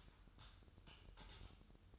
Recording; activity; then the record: daily activity, microphone in the room; typing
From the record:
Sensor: 2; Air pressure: 988.6 hPa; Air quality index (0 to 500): 202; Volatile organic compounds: 265 ppm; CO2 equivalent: 4400 ppm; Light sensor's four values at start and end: 21/74/28/28 and 21/74/28/28